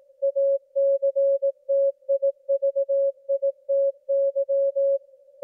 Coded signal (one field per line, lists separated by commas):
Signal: Morse code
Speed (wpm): 18 wpm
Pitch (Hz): 550 Hz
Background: music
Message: ACTIVITY